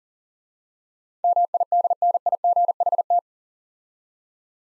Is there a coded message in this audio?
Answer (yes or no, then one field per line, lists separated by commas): yes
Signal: Morse code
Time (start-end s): 1.2-3.2 s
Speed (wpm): 41 wpm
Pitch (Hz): 700 Hz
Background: none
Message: MIDNIGHT